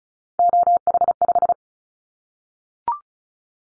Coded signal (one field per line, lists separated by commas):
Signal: Morse code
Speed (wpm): 36 wpm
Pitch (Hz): 700 Hz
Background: none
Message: OH5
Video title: Callsign Prefixes for Top 25 DXCC Repeated 35wpm